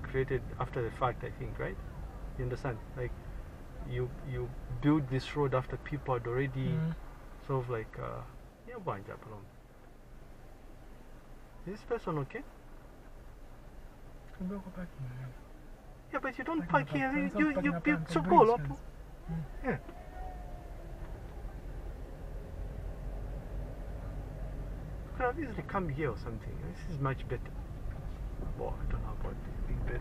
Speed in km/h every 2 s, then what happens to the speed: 9, 7, 6, 3, 0, 0, 0, 0, 0, 4, 7, 10, 11, 10, 8.
0-7 slows to 0. 7-17 standing. 17-23 pulls away to 11. 23-30 steady at about 10.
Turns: none.